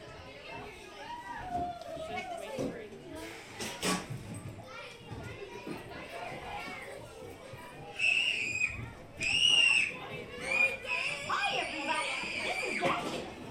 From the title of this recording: Mickey's Toon Town, Disneyland Binaural Recording